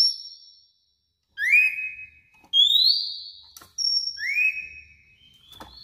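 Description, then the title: Oriental magpie-robin song: clear, high whistled notes, some held flat and others sliding upward, delivered in four separate phrases with short silences between. "Kacer Konslet Bikin Kacer Lain"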